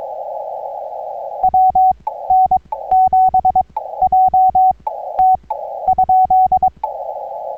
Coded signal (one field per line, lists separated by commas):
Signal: Morse code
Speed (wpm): 22 wpm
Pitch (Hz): 750 Hz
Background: radio noise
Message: WN7JT ?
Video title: CW POTA Activation and a look around Victoria Springs State Rec Area US-3376